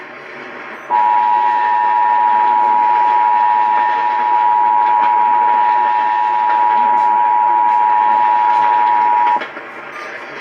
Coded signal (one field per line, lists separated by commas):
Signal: Emergency Alert System (SAME) tones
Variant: 853 and 960 Hz attention tone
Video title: I FINISH THE PICTURE OR GLUE ON IT... EAS Alerts From 3/10/26 (EAS#5,232 - 5,251)